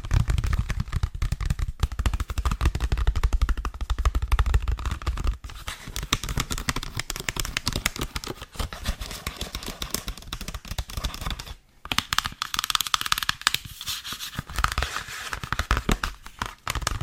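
Fingers tap and scratch on textured chocolate in a dense, fast, uneven patter of crisp clicks and rasps. The first five seconds carry heavier, lower thumps; after that the scratching turns lighter and brighter, with a brief pause near twelve seconds.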